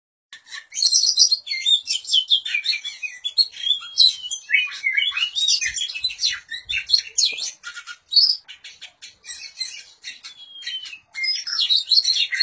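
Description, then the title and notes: Oriental magpie-robin delivering an energetic medley of shrill chirps and slurred whistles. "suara kacer. kumpulan suara burung kacer"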